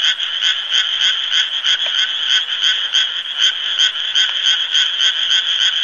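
Frog croaking in a steady chorus of rapid pulsed notes, roughly three pulses a second, continuous throughout with no other clear sounds.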